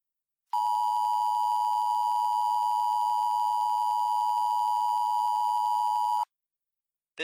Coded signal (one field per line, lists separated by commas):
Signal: Emergency Alert System (SAME) tones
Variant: 853 and 960 Hz attention tone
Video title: EAS Mock 18: Aurora